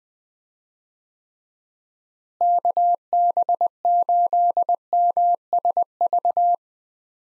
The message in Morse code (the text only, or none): KB8MSV